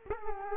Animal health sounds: mosquito wingbeat signal from an infrared sensor; Culex quinquefasciatus

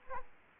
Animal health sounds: mosquito wingbeat signal from an infrared sensor; Aedes aegypti

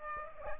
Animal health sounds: mosquito wingbeat signal from an infrared sensor; Aedes aegypti

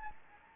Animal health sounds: mosquito wingbeat signal from an infrared sensor; Anopheles gambiae

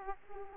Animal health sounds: mosquito wingbeat signal from an infrared sensor; Aedes aegypti

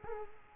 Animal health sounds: mosquito wingbeat signal from an infrared sensor; Culex quinquefasciatus

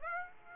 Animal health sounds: mosquito wingbeat signal from an infrared sensor; Aedes aegypti

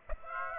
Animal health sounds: mosquito wingbeat signal from an infrared sensor; Aedes aegypti

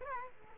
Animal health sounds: mosquito wingbeat signal from an infrared sensor; Culex quinquefasciatus

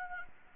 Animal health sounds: mosquito wingbeat signal from an infrared sensor; Anopheles arabiensis

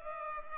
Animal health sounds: mosquito wingbeat signal from an infrared sensor; Culex pipiens

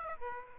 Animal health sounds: mosquito wingbeat signal from an infrared sensor; Aedes aegypti

